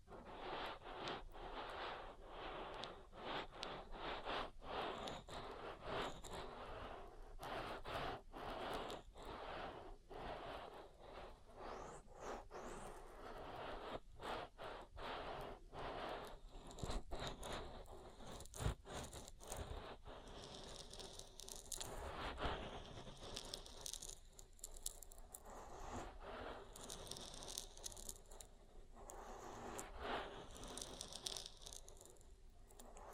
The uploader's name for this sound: Oil Ear Massage